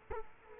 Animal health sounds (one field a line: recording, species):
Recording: mosquito wingbeat signal from an infrared sensor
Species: Culex quinquefasciatus